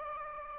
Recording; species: mosquito wingbeat signal from an infrared sensor; Aedes aegypti